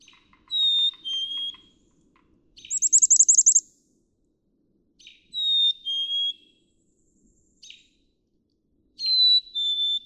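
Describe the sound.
Black-capped chickadee song, a clear two-note whistle falling from the first note to the second, heard three times, with a burst of buzzy chatter and faint soft notes between.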